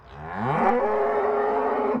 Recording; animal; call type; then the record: contact call of a hoofed animal; cattle; low-frequency (closed-mouth) or high-frequency (open-mouth) call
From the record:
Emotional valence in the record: negative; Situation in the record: full separation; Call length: 2.0 s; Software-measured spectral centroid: 1000 Hz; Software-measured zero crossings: 1320 a second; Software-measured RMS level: -24 dBFS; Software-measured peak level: -7 dBFS